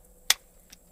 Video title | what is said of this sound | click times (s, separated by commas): Savage Arms A22 22 WMR Magnum Semi Auto Rifle: Field Test- Reliability & Accuracy | snapped in place that time | 0.3 s